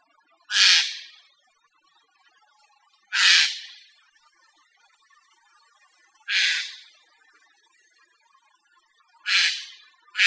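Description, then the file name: Eurasian jay repeating a harsh, hoarse screech about every three seconds, five calls in a row with the last cut off at the end, each short and raspy with a quick fade; quiet in between. "Garrulus glandarius"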